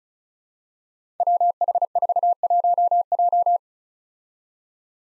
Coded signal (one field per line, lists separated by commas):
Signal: Morse code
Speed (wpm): 36 wpm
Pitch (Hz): 700 Hz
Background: none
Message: WH41J